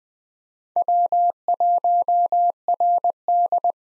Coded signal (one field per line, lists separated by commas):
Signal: Morse code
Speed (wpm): 20 wpm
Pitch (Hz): 700 Hz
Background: none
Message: W1RD